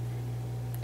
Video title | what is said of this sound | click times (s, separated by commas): E-Collar Unboxing - "The Boss" + Winged Comfort Pad + Bungee Quick-Snap Collar | just like that click click clicks into place really nice | 0.7 s